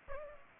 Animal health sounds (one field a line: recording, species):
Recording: mosquito wingbeat signal from an infrared sensor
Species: Aedes aegypti